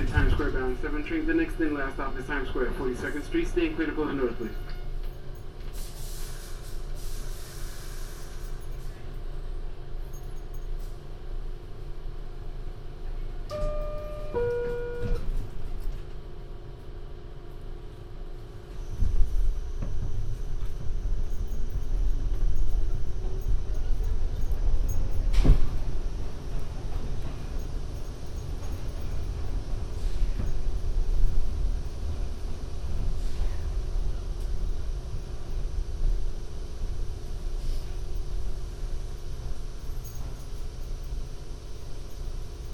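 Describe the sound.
A binaural field recording on the MTA, with a steady low rumble of train or vehicle running throughout. Voices are heard in the first few seconds, a short rising electronic chime sounds near 14 seconds, and the rumble grows heavier and louder from about 19 seconds on.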